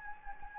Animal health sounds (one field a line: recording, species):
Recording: mosquito wingbeat signal from an infrared sensor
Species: Anopheles gambiae